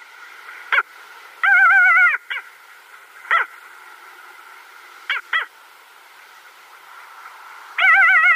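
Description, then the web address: Pomarine skua calling, brief sharp nasal notes mixed with longer wavering harmonic calls, irregularly spaced over a steady faint background hiss. A pair of Pomarine skuas calling at their nest. "Schulze Peter Pomarine Skua"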